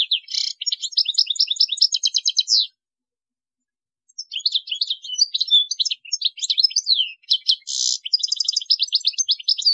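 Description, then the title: European goldfinch song: long tinkling twitter with buzzy trills, a pause of over a second, then another extended burst of high rapid notes. "Chant Chardonneret"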